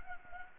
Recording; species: mosquito wingbeat signal from an infrared sensor; Anopheles gambiae